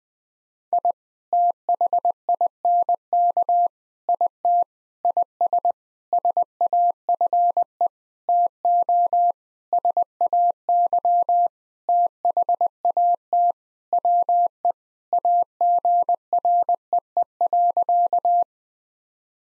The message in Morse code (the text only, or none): I THINK IT IS SAFE TO SAY THAT WE AGREE.